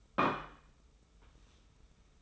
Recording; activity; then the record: daily activity, microphone in the room; place plate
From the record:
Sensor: 1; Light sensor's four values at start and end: 24/56/24/26 and 24/56/24/26